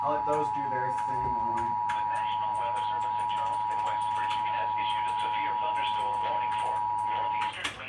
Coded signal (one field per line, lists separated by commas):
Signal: Emergency Alert System (SAME) tones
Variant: 853 and 960 Hz attention tone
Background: speech